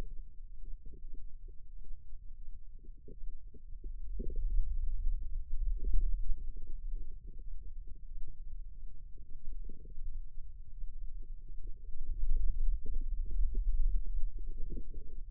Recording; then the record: forearm muscle sounds (acoustic myography)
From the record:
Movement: wrist extension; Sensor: system 2, bracelet of six BSWA MPA416 microphones around the upper forearm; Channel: 5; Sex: male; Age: 22 years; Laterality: right